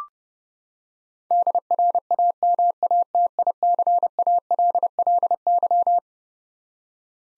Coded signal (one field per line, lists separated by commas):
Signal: Morse code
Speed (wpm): 32 wpm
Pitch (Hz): 700 Hz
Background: none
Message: DRAMATICALLY